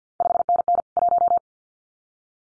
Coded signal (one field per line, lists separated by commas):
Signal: Morse code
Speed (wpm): 50 wpm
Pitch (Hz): 700 Hz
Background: none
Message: 5NN 1